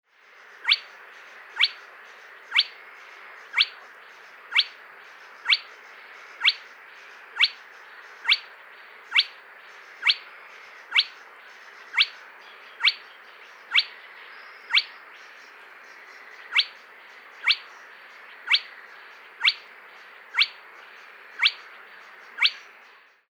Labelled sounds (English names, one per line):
Spotted Crake